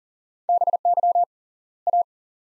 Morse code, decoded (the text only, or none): BY A